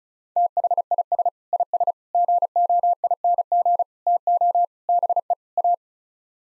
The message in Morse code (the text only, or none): THIS IS GOING TO BE A